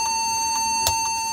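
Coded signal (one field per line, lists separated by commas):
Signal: beep code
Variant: Toshiba laptop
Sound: one unbroken high beep lasting the whole clip, with a few soft clicks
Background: small room, clicks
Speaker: itu bunyi bisnis seperti ini Hai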